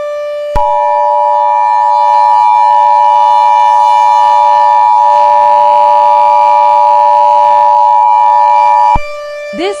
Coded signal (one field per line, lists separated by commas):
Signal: Emergency Alert System (SAME) tones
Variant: 853 and 960 Hz attention tone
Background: speech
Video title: EAS Scenario: War Against Ares and Evil Greek Gods